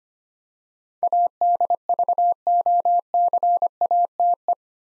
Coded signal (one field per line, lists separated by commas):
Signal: Morse code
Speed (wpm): 25 wpm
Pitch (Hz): 700 Hz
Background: none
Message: ADVOCATE